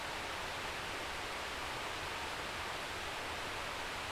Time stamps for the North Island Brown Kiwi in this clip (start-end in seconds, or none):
none